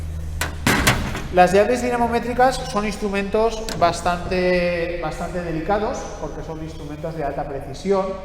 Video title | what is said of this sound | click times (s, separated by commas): Cómo se utiliza la llave dinamométrica: para qué sirve el par de apriete | la medida de apriete que quiero utilizar y simplemente cuando llegamos a la medida vamos a notar que resbala ligeramente y vamos a oír un clic. | 0.4 s